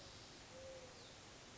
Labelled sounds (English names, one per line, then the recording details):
Mourning Dove
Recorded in Sonoma County, California